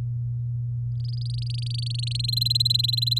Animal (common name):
Domestic Canary